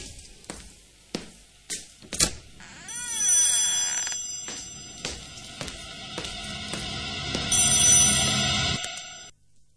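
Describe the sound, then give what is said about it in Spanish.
A few sharp clacks give way to the sustained, bright metallic ringing of a telephone with dense high overtones, swelling and holding for several seconds before it cuts off. No one speaks over it. “Acababa de sonar el teléfono, claro, yo tenía que decir quién es.”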